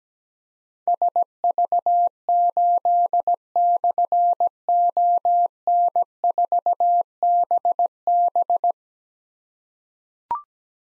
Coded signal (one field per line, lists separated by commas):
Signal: Morse code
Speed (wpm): 17 wpm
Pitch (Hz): 700 Hz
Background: none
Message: SV8/ON4BB